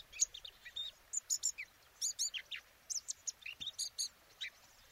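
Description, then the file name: Eurasian blackcap giving clear separate high notes, some sharp and some down-slurred, spaced by short gaps across five seconds over a quiet background. "Sylvia atricapilla"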